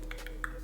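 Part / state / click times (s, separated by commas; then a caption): hood snap buttons on a jacket collar / released / 0.1 s, 0.3 s, 0.4 s. The four metal snap buttons holding the removable hood to the collar of an ACRONYM J44L-GT jacket are pulled open by hand, unsnapping the hood rather than ripping it off. Three short, sharp snap pops sound at 0.1, 0.3 and 0.4 s, the last the loudest, and the hood is released from the collar.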